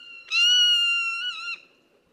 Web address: Bird Note. zone tailed hawks mimic vultures